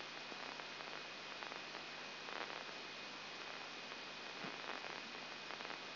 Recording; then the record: brain microelectrode recording played as sound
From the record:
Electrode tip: outside the subthalamic nucleus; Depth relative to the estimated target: 3 mm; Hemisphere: left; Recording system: AlphaMap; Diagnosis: Parkinson's disease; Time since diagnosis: 8 years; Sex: female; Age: 37 years